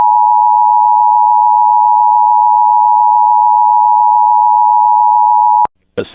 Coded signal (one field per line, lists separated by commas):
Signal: Emergency Alert System (SAME) tones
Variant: 853 and 960 Hz attention tone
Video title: (FOUND SAFE) Texas Child Abduction Emergency for missing Hispanic Girl (EAS 88)